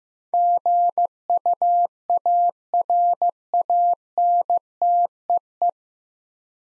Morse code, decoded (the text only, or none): GUARANTEE